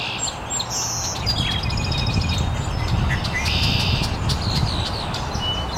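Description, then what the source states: Birds chirping with high twittering notes and short trills, partly masked by a loud low rumbling noise running under the whole stretch. Birds chirping very early in the morning in an estuary.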